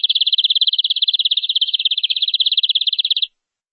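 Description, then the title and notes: Canary giving one long, even, rapid trill for over three seconds, steady in pitch, then falling silent. "BM Suara Kenari. BM Suara Burung Kenari"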